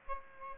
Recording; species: mosquito wingbeat signal from an infrared sensor; Aedes aegypti